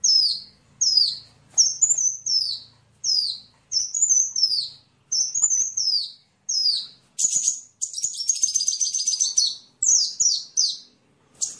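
Bird song: repeated high, swooping downslurred phrases, with a dense buzzy run of fast notes late in the sequence.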